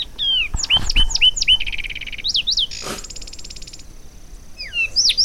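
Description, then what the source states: Zapata wren song: clear whistled notes sliding up and down, mixed with short buzzy trills and a brief harsh burst, delivered in quick varied phrases. Brown bird found only in the Zapata Swamp biosphere reserve, Cuba, among extensive wet meadows; hard to get to hear.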